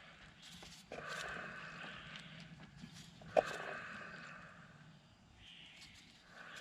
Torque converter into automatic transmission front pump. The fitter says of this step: Gotta hear that second click.